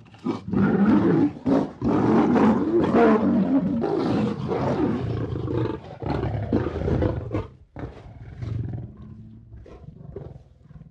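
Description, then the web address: Lions snarling and roaring in a fierce exchange, with harsh overlapping bursts and growls that gradually weaken into shorter, quieter rumbles and grunts toward the end. Two lions being aggressive towards each other. "sonido de dos leones que se muestran agresivos entre si"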